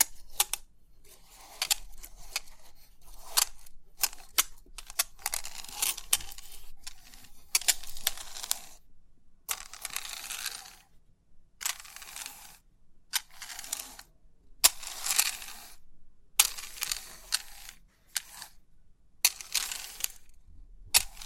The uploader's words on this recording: Crisp 3D Pin Art Tingles(No Talking).